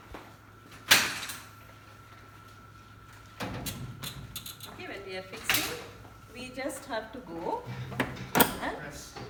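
An oxygen flowmeter or adapter is pushed into a wall gas outlet and snaps in with a sharp click at 0.9 s, locking in place. After a short quiet pause, someone talks for the rest of the clip.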